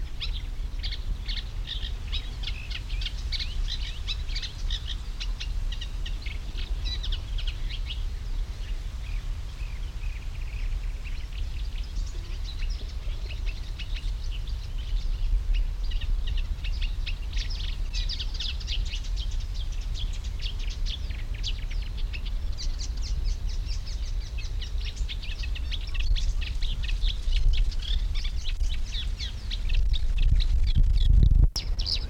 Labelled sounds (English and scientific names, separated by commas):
Eurasian Reed Warbler (Acrocephalus scirpaceus)